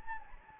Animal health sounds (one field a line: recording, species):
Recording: mosquito wingbeat signal from an infrared sensor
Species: Anopheles gambiae